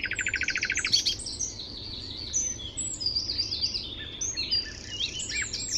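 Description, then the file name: Common nightingale song: an opening rapid pulsing trill of evenly repeated notes and a sharp burst, then high twittering notes. "Luscinia megarhynchos"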